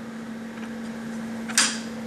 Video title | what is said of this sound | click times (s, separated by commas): Measuring Color: Using the Spec-20 Spectrophotometer {Part 1} | my sample is in now you may have heard heard a little click when the sample went in | 1.6 s